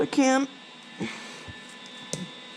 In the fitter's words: boom it's popped into place